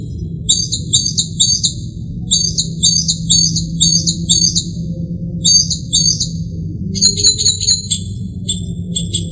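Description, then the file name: Northern mockingbird song: a high whistled phrase repeated in quick runs separated by short pauses, then a different series at the end, over a steady low hum. "kicauan-burung-northern-mockingbird -omkicau"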